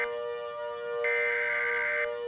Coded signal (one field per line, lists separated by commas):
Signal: Emergency Alert System (SAME) tones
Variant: header bursts